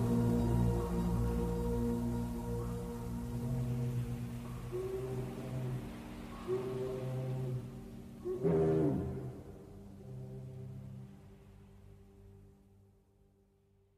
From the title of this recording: Kitty Snoring & Shakuhachi